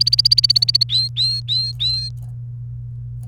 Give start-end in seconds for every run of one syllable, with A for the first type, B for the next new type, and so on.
0.00-0.83 A, 0.89-2.09 B